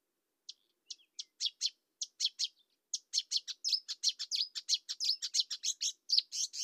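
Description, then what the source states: Marsh warbler song building from separate high chips into a continuous, fast, scratchy warble of varied notes. Nominate subspecies Acrocephalus palustris palustris.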